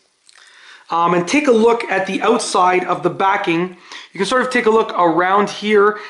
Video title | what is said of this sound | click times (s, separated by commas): How To Replace A Watch Battery (COMPLETE Tutorial) | push it into place it should pop into place and | 0.3 s, 0.4 s